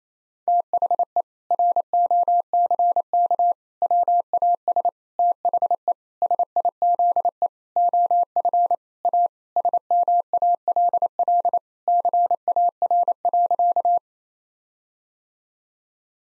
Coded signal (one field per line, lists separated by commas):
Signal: Morse code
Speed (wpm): 27 wpm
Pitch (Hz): 700 Hz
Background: none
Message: THE ROCK WAS THE SIZE OF A SMALL CAR.